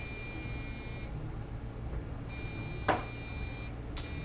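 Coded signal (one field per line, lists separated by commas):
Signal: beep code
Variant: PC system speaker POST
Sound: long steady high beeps repeating with about a second gap, plus two clicks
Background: room noise, low hum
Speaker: usually what the beeps mean is something's wrong with your memory in this case it's not in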